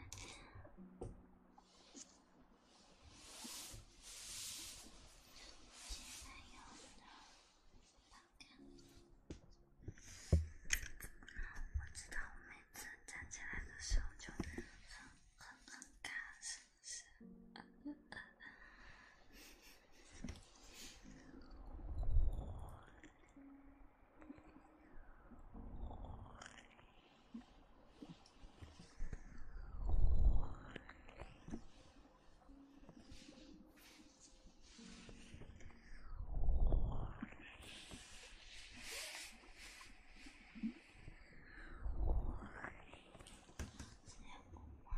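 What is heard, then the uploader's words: Rubbing and handling sounds of an ear massage, with soft crackles and brushing textures. The first half is busy with fine scratchy detail; later come slower, swelling rubs that peak roughly every six to seven seconds. Eat ears~Hand movements and ear massage.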